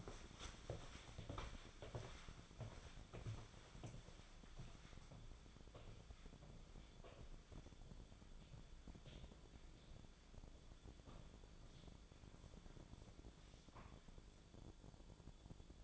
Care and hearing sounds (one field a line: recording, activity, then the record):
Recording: daily activity, microphone in the room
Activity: walk to room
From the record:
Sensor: 5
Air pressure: 1010.2 hPa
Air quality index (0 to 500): 141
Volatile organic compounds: 3 ppm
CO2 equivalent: 1376 ppm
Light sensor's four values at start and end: 293/694/302/341 and 279/698/292/321